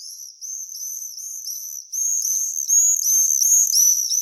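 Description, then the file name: Common swift screams: high, shrill, buzzy arched trills repeated in quick succession, growing louder and overlapping after two seconds. "tornseglare"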